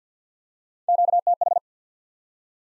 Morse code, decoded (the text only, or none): QTH